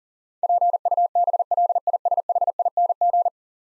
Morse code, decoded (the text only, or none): PUBLISHING